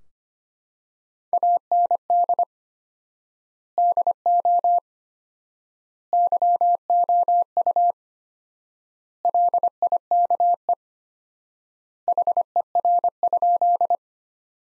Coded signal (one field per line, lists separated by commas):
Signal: Morse code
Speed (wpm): 25 wpm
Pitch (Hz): 700 Hz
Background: none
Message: AND DO YOU LIKE HER?